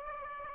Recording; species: mosquito wingbeat signal from an infrared sensor; Aedes aegypti